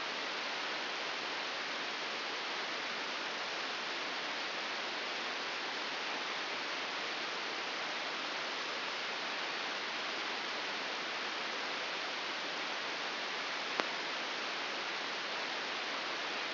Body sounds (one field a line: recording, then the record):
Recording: brain microelectrode recording played as sound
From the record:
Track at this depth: inside the subthalamic nucleus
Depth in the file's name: 4.208 mm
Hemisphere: right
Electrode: 3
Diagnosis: Parkinson's disease